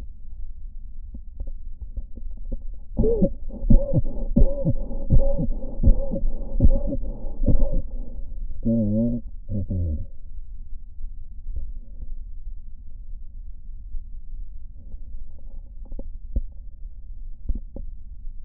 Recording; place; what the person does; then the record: lung sounds by stethoscope; right posterior basal chest; quiet breathing, then cough and speech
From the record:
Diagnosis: interstitial lung disease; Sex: male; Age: 65 years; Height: 161 cm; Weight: 74.6 kg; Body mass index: 28.8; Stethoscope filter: diaphragm mode